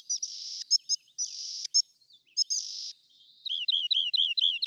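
Rock wren song: harsh buzzy notes alternate with sharp high chips, ending with a series of repeated lower, slurred notes.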